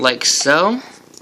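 Someone talks while handling a plastic charging cradle at the back of a smartwatch, positioning it over the charging pins. Only faint handling ticks follow after the speech fades, and nothing has seated or clicked yet.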